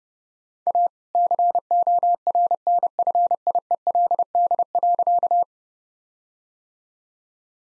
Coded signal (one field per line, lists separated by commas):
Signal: Morse code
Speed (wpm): 31 wpm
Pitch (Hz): 700 Hz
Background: none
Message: A CORNFIELD.